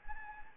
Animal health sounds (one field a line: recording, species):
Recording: mosquito wingbeat signal from an infrared sensor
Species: Anopheles gambiae